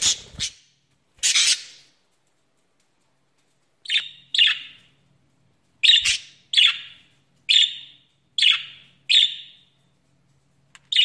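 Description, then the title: Budgerigar calls: a few loud harsh squawks, then a series of short chirped calls with silence between. "Budgie Sounds"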